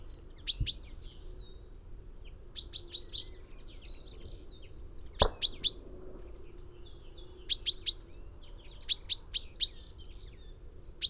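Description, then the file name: Common Chaffinch calling in short series of two to four sharp high notes, repeated every couple of seconds, with a couple of brief knocks. "Fringilla coelebs"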